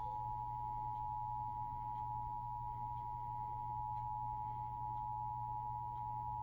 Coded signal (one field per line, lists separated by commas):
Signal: Emergency Alert System (SAME) tones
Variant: 853 and 960 Hz attention tone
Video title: eas rwt Eas#143